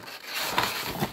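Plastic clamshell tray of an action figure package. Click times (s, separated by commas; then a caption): 0.6 s. A clear plastic blister tray holding an S.H. Figuarts One Piece Sanji (Raid on Onigashima) action figure is popped open by hand, with soft handling rustle before and after. A single sharp pop at 0.6 s marks the tray coming apart, and it is released open.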